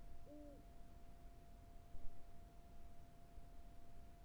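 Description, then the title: Owl calling a single short, low hoot at the start, then only soft background hiss and a faint steady tone. Carrizo Plain. "neoscenes: Carrizo Plains owl"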